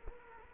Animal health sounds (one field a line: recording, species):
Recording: mosquito wingbeat signal from an infrared sensor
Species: Culex quinquefasciatus